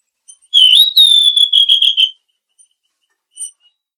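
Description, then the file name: Mangrove blue flycatcher whistling a single high phrase: a quick rising note, then a long, level, gently wavering whistle lasting about a second. "suara burung tledekan laut"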